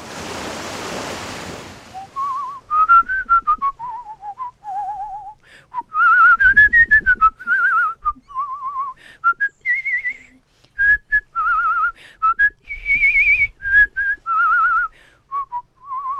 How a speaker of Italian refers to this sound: Il vigoroso fischio epico. Che poi è il simbolo del western all'italiana, copiato in tutto il mondo.